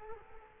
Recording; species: mosquito wingbeat signal from an infrared sensor; Culex quinquefasciatus